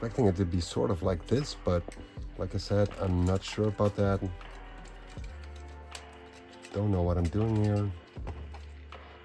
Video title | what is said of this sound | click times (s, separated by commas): TRANSFORMERS - [ MIXMASTER - CONSTRUCTICONS - DEVASTATOR - BUILDER.D - JINBAO - DF03-B ] | and it doesn't lock into place or anything so | none